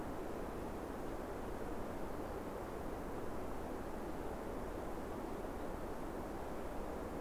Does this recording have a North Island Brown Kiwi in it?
no